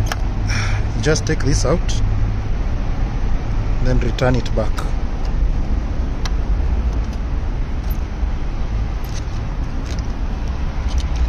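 Someone talks while handling a plug-in electrical component in the engine bay of a Toyota Fielder hybrid with the engine check light on, pulling it out of its socket and returning it. A steady low hum runs underneath, with a few brief sharp ticks. The clip ends before the part goes home, so nothing has seated or clicked yet.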